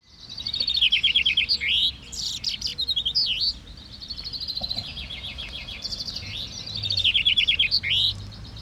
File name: vink kort